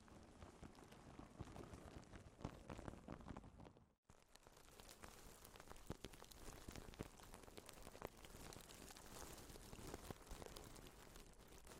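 Plastic wrap crinkles softly and continuously, a dense patter of small crackles like light rain with occasional sharper snaps. Around four seconds the sound cuts out abruptly for a brief moment, then resumes slightly brighter and airier, with steady fine crinkling to the end.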